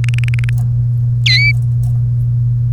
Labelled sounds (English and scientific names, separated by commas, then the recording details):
Domestic Canary (Serinus canaria) song
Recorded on 1 May 2018 at 14:57
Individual llb3